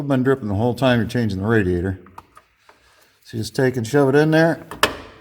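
A coolant/transmission line quick-connect fitting with an o-ring seal is handled at the radiator port during a Jeep LJ radiator replacement. Someone talks, with a few faint small knocks around 2.2, 2.4 and 2.7 seconds during a pause. The fitting has not yet been shoved home, and nothing has seated or clicked yet.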